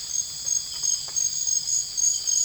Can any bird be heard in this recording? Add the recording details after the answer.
no. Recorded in dense forest near Puerto Asís, Putumayo, Colombia, on 20 December 2024 at 01:30. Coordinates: 0.484, -76.325. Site G056